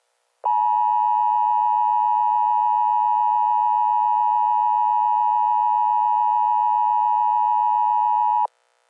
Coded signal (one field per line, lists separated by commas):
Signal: Emergency Alert System (SAME) tones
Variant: 853 and 960 Hz attention tone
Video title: Eas scenario: night of the living dead